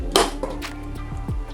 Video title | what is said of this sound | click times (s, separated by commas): Bosch Dishwasher tough test on Indian Pots and Dishes - Full Review - Demo - in Telugu - Telugu logs | యాస్టీజ్ అన్నీ ఇలా పెట్టి, ఇది ఉంది కదా ఇప్పుడు లాకింగ్ సౌండ్ వస్తుంది మనకి. | 0.2 s